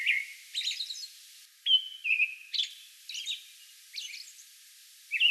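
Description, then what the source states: American robin song: a few whistled phrases and a long level note among scratchy high squeaks, with the background level shifting partway through. Song bout on May 11.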